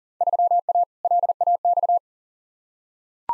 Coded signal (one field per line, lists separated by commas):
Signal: Morse code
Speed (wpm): 40 wpm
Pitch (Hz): 700 Hz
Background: none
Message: 3A LAX